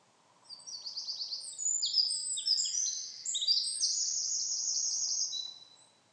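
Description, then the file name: Eurasian wren song, a loud, high, rapid outpouring of shrill notes and fast trills running about five seconds without pause. "Troglodytes troglodytes"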